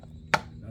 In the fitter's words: put the new filter in here it snaps in place